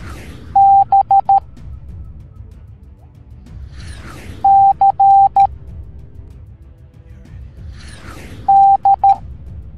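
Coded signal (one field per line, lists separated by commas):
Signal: Morse code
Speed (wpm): 13 wpm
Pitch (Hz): 790 Hz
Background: music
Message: B C D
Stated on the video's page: Morse code alphabet lesson for kids in a cartoon.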